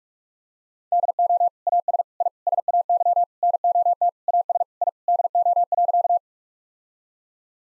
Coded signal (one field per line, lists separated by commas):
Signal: Morse code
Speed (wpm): 45 wpm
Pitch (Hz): 700 Hz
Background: none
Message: DO AS I SAY NOT AS I DO.